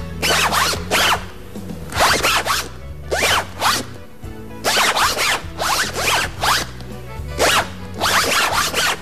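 Musicians on Polish Radio Trójka play a tune on a zipper, marking the anniversary of its patent: quick rasping pulls come in rhythmic bursts, rising in pitch, over a steady low tonal line that shifts notes like a simple tune.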